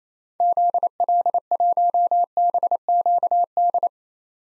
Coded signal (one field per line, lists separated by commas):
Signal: Morse code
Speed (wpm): 27 wpm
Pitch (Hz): 700 Hz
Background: none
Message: ZL1BQD